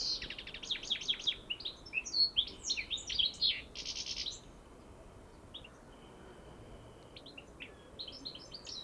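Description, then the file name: European goldfinch bursting into rapid tinkling, buzzy twitters for about four seconds, then falling mostly quiet with a few scattered chirps before a short renewed twitter at the end. "Carduelis carduelis"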